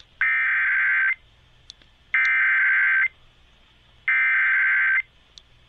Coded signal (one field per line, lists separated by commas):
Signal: Emergency Alert System (SAME) tones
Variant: header bursts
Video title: NEW CAMERA OBTAINED... EAS Alerts from 6/9/24 (EAS #4,318 - 4,321)